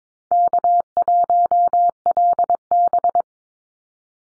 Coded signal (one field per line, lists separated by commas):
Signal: Morse code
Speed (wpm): 22 wpm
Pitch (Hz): 700 Hz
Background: none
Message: K1LB